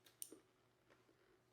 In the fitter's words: lock అయిందిగా అయింది sound వచ్చింది